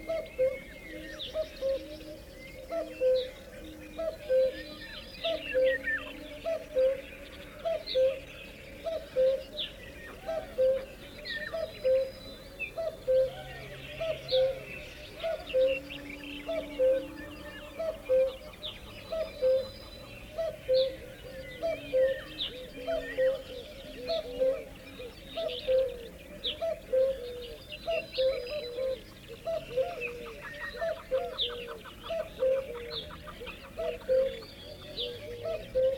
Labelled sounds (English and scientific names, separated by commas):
Common Cuckoo (Cuculus canorus) call